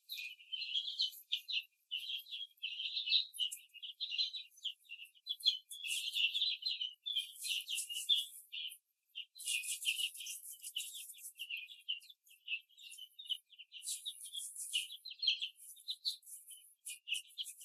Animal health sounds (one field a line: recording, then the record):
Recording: young laying hens in a cage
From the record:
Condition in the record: before the stressor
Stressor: simulated dog barking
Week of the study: 3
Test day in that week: 1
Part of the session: 2